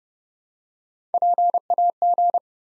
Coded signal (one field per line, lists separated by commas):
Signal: Morse code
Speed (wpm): 30 wpm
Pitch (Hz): 700 Hz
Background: none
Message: PAG